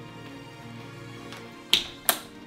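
A supplied torque screwdriver tightens the socket load plate screws on a CPU socket in sequence, with music playing underneath. A soft tap comes at about 1.3 s, then sharp clicks at 1.7 s and 2.1 s as the tool reaches its setting, clicking to prevent over-torque.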